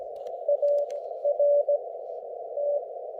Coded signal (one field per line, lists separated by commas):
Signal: Morse code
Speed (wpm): 16 wpm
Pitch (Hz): 560 Hz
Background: none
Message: ART